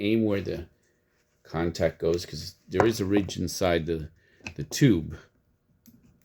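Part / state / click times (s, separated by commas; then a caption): crimped wire contact into plastic connector housing / seated / 5.9 s. Someone talks while pushing a crimped metal pin contact on an AWG wire into its cavity in a plastic Mate-n-Lok plug housing, aiming it because of a ridge inside the tube. After the talking stops, a faint sharp click at 5.9 s marks the second contact locking behind the internal ridge and seating in the housing.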